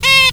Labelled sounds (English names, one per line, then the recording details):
Zebra Finch distance call
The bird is a female
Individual fem9